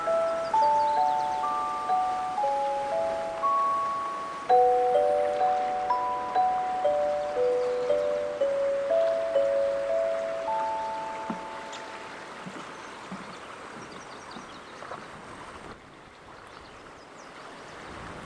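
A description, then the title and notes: At Patagonia Lake State Park in southeast Arizona, clear, ringing chime tones strike about every half second for the first eleven seconds, each note lingering and overlapping the next. The chiming then fades out, leaving a soft, steady outdoor hiss. Patagonia Lake State Park in SE Arizona.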